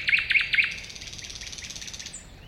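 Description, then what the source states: Thrush nightingale song: three loud, buzzy repeated notes in quick succession, then a softer run of rapid, evenly spaced ticking notes fading away. Recorded at a woodland edge next to a lake, 2001.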